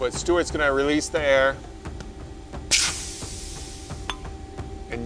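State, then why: Seated. Someone talks as an air-released, spring-loaded clamping element on a CNC machine fixture plate is lined up and snugged. The air is released with a broad hiss from about 2.7 s, and the clamp locks onto the metal part with a sharp click at 4.1 s. It is seated and won't move.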